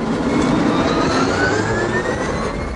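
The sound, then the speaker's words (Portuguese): A Tesla Roadster electric sports car, driven by a three-phase AC motor and doing 0 to 100 in about 4 seconds, accelerates hard, its high motor whine climbing steadily in pitch over a loud, constant rush of road and wind noise, with no talking. “Ele tem um ronco próprio muito potente quando você acelera.”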